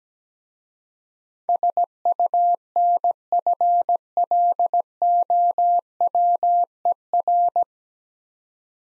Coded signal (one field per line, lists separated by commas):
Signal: Morse code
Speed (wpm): 17 wpm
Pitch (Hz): 700 Hz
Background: none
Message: SUNFLOWER